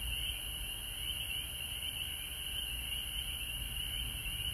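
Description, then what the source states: Dense frog chorus, an unbroken high trilling wash with a fainter upper band and low background rumble. Recorded at home in Georgia on March 19, 2020.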